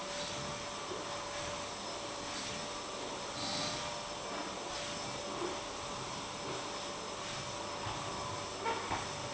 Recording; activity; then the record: daily activity, microphone in the room; vacuum cleaning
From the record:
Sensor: 1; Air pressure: 1011.9 hPa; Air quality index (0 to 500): 239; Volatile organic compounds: 6 ppm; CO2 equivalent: 1899 ppm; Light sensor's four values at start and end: 10/23/9/10 and 9/22/9/10